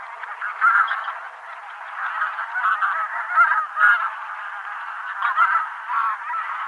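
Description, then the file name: Taiga bean goose flock calling, a dense chorus of overlapping nasal honks with several louder bursts. Nominate subspecies, Anser fabalis fabalis. "Patrik berg - Gumennik Anser fabalis fabalis"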